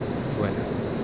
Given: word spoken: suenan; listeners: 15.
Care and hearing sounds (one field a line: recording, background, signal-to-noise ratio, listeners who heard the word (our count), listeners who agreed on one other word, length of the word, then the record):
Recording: one Spanish word in noise, from a listening test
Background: speech-shaped noise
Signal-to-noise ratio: -4.6 dB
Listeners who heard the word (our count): 0 of 15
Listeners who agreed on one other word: 8 of 15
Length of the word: 0.64 s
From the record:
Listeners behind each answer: 8, 2, 2, 1, 1, 1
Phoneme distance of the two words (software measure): 7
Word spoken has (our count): 2 syllables, 6 phonemes, stress on syllable 1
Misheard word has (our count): 2 syllables, 5 phonemes, stress on syllable 1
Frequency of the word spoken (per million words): 5.18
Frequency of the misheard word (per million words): 21.54